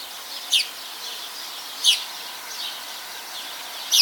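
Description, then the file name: Eurasian magpie uttering brief rasping chack calls, three loud notes at uneven gaps, with fainter notes between and faint hiss throughout. "Pica pica"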